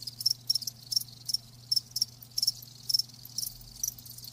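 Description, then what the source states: Crickets giving short, separate high chirps in small bursts, with a quiet low hum in the background. Live crickets chirping.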